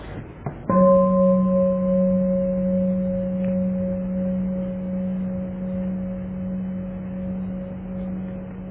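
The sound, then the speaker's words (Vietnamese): A single meditation bell, rung during a meditation talk as listeners are asked to close their eyes and breathe, is struck once, its deep, steady tone ringing out and slowly sustaining for several seconds with a faint higher overtone fading early. No one speaks. “Bây giờ chúng ta nghe một tiếng chuông, nhắm mắt lại thở lòng cho khỏe.”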